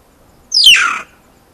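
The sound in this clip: Banded mongoose giving a single shrill squeal that slides steeply downward in pitch over about half a second, in otherwise quiet surroundings.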